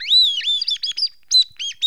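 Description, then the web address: Bird chirps, a run of bright, quick, slurred notes rising and falling, then a short pause and three more separate sharp chirps. "Greytsounds VOL-1 BIRD CALL FX BIRD"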